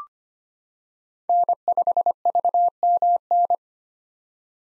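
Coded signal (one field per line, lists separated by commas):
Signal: Morse code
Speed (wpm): 25 wpm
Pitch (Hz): 700 Hz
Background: none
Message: N5VMN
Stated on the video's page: Morse head-copy drill of common POTA hunter call signs at 25 wpm, each sent, then spoken, then sent again.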